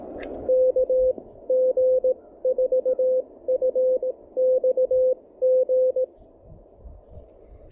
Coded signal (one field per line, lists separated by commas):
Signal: Morse code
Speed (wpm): 17 wpm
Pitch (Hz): 500 Hz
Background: radio noise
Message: KG4FXG